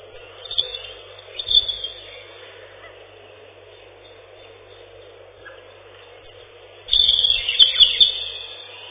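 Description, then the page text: European robin song: short high twittering bursts in the first two seconds and again from seven seconds, with quiet hiss between phrases. "Зарянка, или реполов, или малиновка - Erithacus rubecula"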